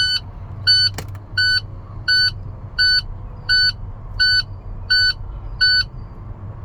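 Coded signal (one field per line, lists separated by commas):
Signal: none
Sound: truck's door-open warning beeps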